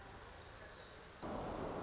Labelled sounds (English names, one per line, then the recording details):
Pacific Wren
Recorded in Sonoma County, California